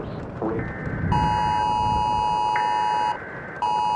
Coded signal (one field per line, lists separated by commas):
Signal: Emergency Alert System (SAME) tones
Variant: 853 and 960 Hz attention tone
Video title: EAS Mock/Found Footage - Nearest of Misses